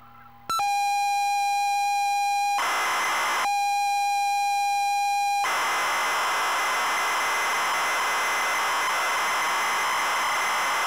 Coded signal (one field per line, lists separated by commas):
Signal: ZX Spectrum tape loading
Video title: Double Dragon - Zx Spectrum +2 (Full Cassette Tape Loading & Gameplay)